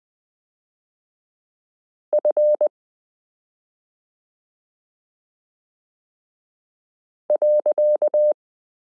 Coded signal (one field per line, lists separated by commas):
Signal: Morse code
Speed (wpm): 20 wpm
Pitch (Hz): 600 Hz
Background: none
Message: F .